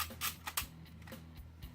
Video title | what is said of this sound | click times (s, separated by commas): Star Wars Episode 1 The Phantom Menace Sebulba's Pod Racer | but then you just push it in and you'll hear a click and there | 0.6 s